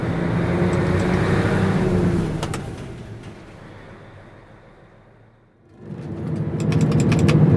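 A heavy 24-tonne truck, the first of four, rumbles loudly at low pitch as it drives off a shooting-festival fairground bound for Berlin, fades to a quieter drone as it pulls away, then a second burst of engine and road noise swells back up at the end.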